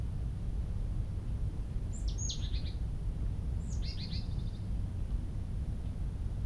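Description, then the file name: Marsh Tit calls: two sharp high notes each running into a brief buzzy chatter, a couple of seconds apart, against low steady rumble. "Poecile palustris"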